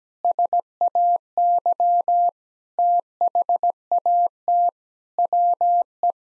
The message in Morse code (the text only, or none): SAY THAT WE